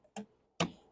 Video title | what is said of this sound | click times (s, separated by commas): WHY IS MY TURN SIGNAL BLINKING FAST??? How to fix a fast flashing turn signal quick and easy DIY | should snap in and turn | 0.6 s